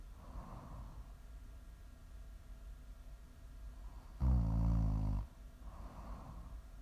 Prime ASMR snoring. You can listen to sleep, to relax, to wind down.